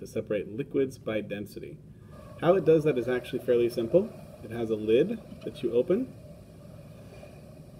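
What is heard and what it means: A lab centrifuge's lid is being handled, opened and closed onto the centrifuge body before it locks. Someone talks throughout over a low background hum. The lid has not locked or clicked yet in this stretch.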